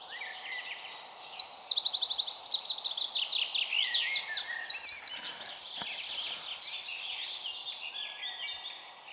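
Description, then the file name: Eurasian wren song: a loud, fast run of high metallic trills and twittering notes for several seconds, then softer, scratchy twitters continuing to the end. "Troglodytes troglodytes"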